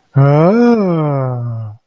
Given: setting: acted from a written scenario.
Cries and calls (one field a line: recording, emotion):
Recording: vocal sound without words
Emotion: realization